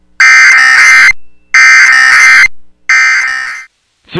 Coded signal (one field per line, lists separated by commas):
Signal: Emergency Alert System (SAME) tones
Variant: end-of-message bursts